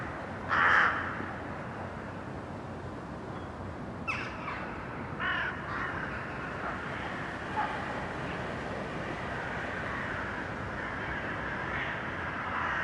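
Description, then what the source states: Crow calls, harsh pitch-shifted caws: a loud one early, then a few fainter caws spaced several seconds apart over steady background noise. Urban crows; processed by detuning.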